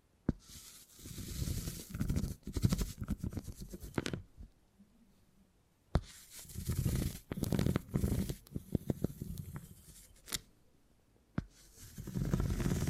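Beeswax is squished and rubbed in dense, crackly bursts with low rumbling smears, sharp clicks near the start, middle and end, and brief silent pauses.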